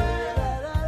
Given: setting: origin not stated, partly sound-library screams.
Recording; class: one-second piece from a danger detection set; normal situation